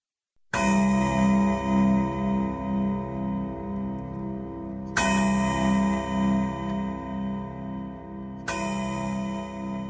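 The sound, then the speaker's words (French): A clock strikes three o'clock with three slow, deep bell strokes, each ringing out long with a shimmering, wavering hum before the next strike. No voices. “Trois heures sonnèrent, puis quatre. La demie tinta son double carillon.”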